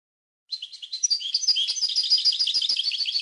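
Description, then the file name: European goldfinch song: a fast, steady stream of bright tinkling, twittering notes, starting after a short silence and growing louder, with no other sounds. "audio burung goldfinch"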